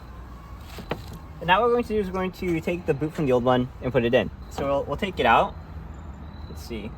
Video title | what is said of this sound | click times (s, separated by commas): How To Re-Assemble Strut - Put Back Together Damper Shock Absorber Spring Bearing Top Mount Civic X | it's going to click into place. | 0.9 s